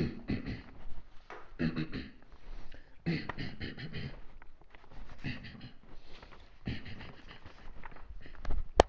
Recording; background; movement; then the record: throat clearing; quiet; walking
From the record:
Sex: male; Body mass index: 23.7 kg/m2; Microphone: on the chest, facing outward